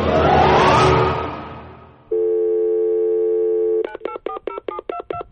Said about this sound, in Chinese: 十几分钟之后，孟昭拨通了林麦的电话。